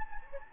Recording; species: mosquito wingbeat signal from an infrared sensor; Anopheles gambiae